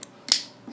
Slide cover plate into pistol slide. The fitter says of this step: down the extractor spring and then get your backplate back on it will click into place